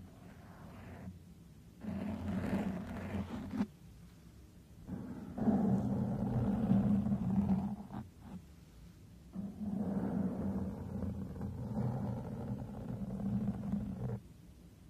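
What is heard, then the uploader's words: Microphone brushing and stroking in four rough, low rumbling bursts of a few seconds each, with quiet pauses between and scratchy crackle above. MICROPHONE BRUSHING, SCRATHCHING & STROKING.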